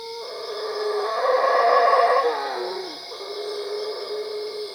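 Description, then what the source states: Howler monkey howl, a harsh roar swelling midway and dropping away, followed by a lower steady moan, insects droning throughout. Recorded at Cuevas.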